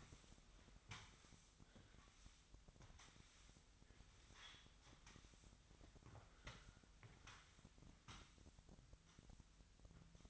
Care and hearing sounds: daily activity, microphone in the room; sweep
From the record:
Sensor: 3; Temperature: 25.2 degrees Celsius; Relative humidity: 38.4%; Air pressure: 1001.6 hPa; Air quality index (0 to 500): 224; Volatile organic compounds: 31 ppm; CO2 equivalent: 2978 ppm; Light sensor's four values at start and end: 11/34/15/12 and 11/34/15/12

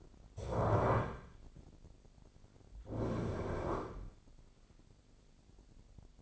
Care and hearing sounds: daily activity, microphone in the room; stand up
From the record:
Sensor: 5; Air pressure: 1009.4 hPa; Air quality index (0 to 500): 155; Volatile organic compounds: 2 ppm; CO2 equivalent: 1193 ppm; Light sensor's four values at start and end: 283/677/288/316 and 281/674/287/315

